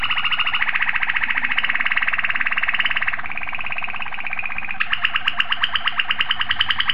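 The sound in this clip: Domestic canary song made of continuous rapid rolling trills, one shifting pitch midway and another turning into a pulsing, stuttering roll.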